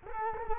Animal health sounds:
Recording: mosquito wingbeat signal from an infrared sensor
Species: Culex quinquefasciatus

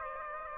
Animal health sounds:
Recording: mosquito wingbeat signal from an infrared sensor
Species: Aedes aegypti

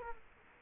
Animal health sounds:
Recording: mosquito wingbeat signal from an infrared sensor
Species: Culex quinquefasciatus

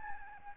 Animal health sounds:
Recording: mosquito wingbeat signal from an infrared sensor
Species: Aedes albopictus

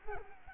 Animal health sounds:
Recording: mosquito wingbeat signal from an infrared sensor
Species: Culex quinquefasciatus

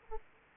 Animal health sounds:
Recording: mosquito wingbeat signal from an infrared sensor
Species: Aedes aegypti

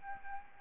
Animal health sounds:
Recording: mosquito wingbeat signal from an infrared sensor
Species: Aedes albopictus

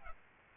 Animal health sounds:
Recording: mosquito wingbeat signal from an infrared sensor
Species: Aedes albopictus

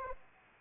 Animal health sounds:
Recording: mosquito wingbeat signal from an infrared sensor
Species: Anopheles arabiensis

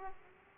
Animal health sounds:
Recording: mosquito wingbeat signal from an infrared sensor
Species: Aedes aegypti

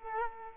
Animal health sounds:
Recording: mosquito wingbeat signal from an infrared sensor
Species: Culex quinquefasciatus

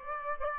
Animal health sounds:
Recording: mosquito wingbeat signal from an infrared sensor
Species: Aedes aegypti

